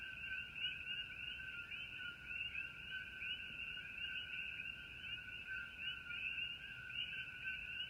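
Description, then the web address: Common coquí chorus: many frogs calling at once, forming a continuous shimmering blend of two-note chirps in two steady pitch bands, with no other clear sounds. Coquí frogs calling together at night under a starry sky. "starry night coqui frogs ambiance"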